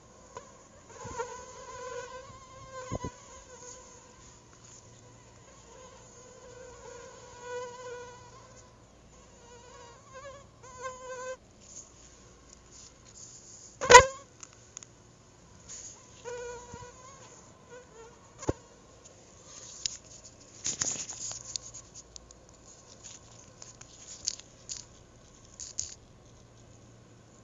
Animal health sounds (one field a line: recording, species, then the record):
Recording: mosquito flight sound by mobile phone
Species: Anopheles arabiensis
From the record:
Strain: Rufisque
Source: CDC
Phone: Google Nexus